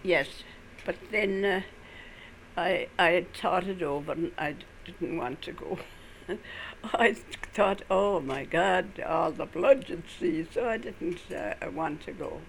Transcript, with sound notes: Yes, but then I thought it over and I didn't want to go. (she laughs) I thought, oh my God, all the blood you'd see, so I didn't want to go.